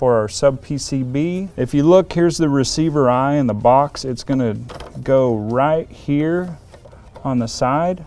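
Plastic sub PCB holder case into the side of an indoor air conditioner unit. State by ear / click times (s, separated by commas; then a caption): not seated / none. A plastic holder case for a sub PCB is being handled beside an indoor air conditioner unit, ready to go onto its side. Someone talks throughout, and there are no clicks or snaps. Nothing has seated or clicked yet.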